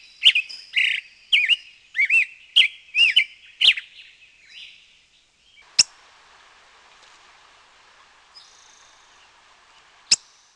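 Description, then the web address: Black-headed grosbeak giving a brief burst of quick, clear whistled notes, then falling mostly silent apart from two isolated sharp clicks. "Peterson North American Birds"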